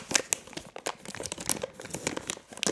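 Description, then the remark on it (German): A snack mix bag, offered for neutralizing the palate during a wine tasting, crinkles and rustles in quick, irregular bursts, with sharp crackly peaks spread across nearly three seconds of fairly quiet handling. “Hier nochmal so ein Snack-Mix.”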